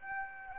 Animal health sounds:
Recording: mosquito wingbeat signal from an infrared sensor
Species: Aedes aegypti

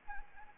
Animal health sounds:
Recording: mosquito wingbeat signal from an infrared sensor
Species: Anopheles gambiae

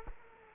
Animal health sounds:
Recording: mosquito wingbeat signal from an infrared sensor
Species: Culex quinquefasciatus

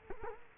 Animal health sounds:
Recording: mosquito wingbeat signal from an infrared sensor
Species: Culex quinquefasciatus

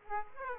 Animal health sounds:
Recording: mosquito wingbeat signal from an infrared sensor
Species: Aedes aegypti

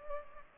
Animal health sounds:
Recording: mosquito wingbeat signal from an infrared sensor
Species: Culex pipiens

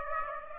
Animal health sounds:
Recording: mosquito wingbeat signal from an infrared sensor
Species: Aedes aegypti

